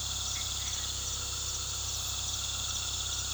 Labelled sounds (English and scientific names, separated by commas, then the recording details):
none
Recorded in pastures near Puerto Asís, Putumayo, Colombia, on 18 February 2024 at 19:30
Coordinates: 0.486, -76.323
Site G6462